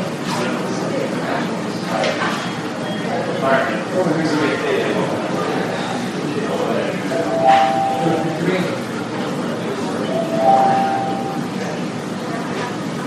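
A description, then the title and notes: A hospital emergency room with a steady murmur of overlapping voices that never lets up. Light clinks sound now and then, and two short, clear electronic tones ring out, one near eight seconds and another near ten and a half. Hospital Emergency Room.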